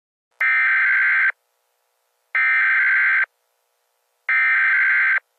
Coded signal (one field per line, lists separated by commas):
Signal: Emergency Alert System (SAME) tones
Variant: header bursts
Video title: EAS Scenario: Colorado Tornado Disaster